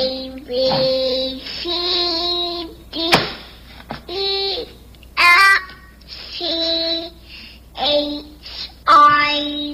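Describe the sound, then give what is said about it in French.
A baby babbles in short bursts of syllables, the voice autotuned so its pitch snaps to flat, steady electronic notes, with a sharp knock partway through. “Ouais, c'est ça l'autotune.”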